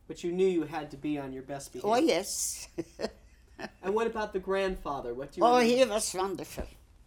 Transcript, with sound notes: But you knew you had to be on your best behavior.
Oh, yes. ( she laughs )
And what about the grandfather? What do you remember...
Oh, he was wonderful.